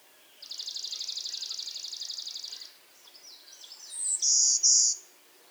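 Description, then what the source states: Warbler hybrid song: a loud high buzz in two parts at the end, following a long, even, rapid trill and a brief twittering phrase. Hybrid Golden-winged x Blue-winged Warbler, Vermivora chrysoptera x cyanoptera.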